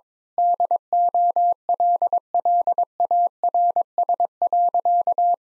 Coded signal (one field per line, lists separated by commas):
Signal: Morse code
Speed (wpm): 22 wpm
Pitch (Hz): 700 Hz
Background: none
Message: DOLLARS.